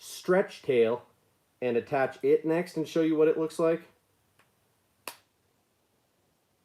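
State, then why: Seated. Someone talks while a swappable nine-inch soft plastic stretch tail is attached to a modular swimbait fishing lure body. After the talking stops there is a faint tick at 4.4 s, then one sharp snap at 5.1 s as the tail clicks into place, seated on the body.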